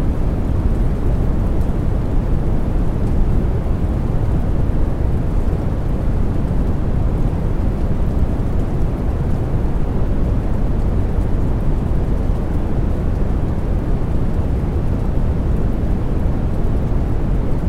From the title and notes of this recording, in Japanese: ブラウンノイズの深い周波数が雨の優しいリズムと出会い。これは、低い周波数が支配する深くて低い轟音の音声プロファイルをもたらします。